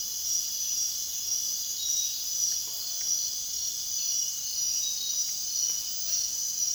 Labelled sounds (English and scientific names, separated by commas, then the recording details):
none
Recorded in dense forest near Puerto Asís, Putumayo, Colombia, on 23 June 2025 at 01:30
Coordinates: 0.466, -76.327
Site GP04